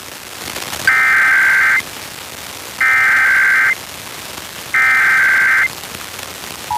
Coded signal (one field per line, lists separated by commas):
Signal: Emergency Alert System (SAME) tones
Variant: header bursts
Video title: PA CIV RWT (plus some other RWT relay) on WQCK (3/1/22)(EAS 1118-1119)